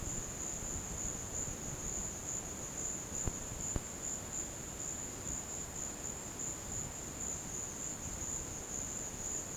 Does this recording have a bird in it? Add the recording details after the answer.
no. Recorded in dense forest near Puerto Asís, Putumayo, Colombia, on 13 March 2025 at 15:30. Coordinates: 0.486, -76.317. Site G053